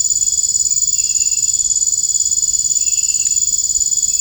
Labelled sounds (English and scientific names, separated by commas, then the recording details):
none
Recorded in dense forest near Puerto Asís, Putumayo, Colombia, on 29 June 2025 at 02:00
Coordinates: 0.481, -76.323
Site G072